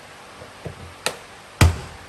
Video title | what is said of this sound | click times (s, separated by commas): YUGO GV First Drive In 15 Years! (Had To Install Gas Tank 3 times) | snaps into place | 1.1 s, 1.6 s